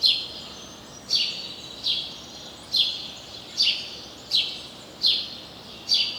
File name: Passer domesticus